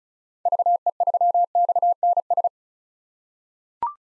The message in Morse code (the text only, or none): VE3XNS